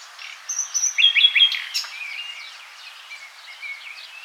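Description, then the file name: Common nightingale singing a loud phrase of sharp whistles and rapidly repeated notes, then quieter twittering. "Luscinia megarhynchos"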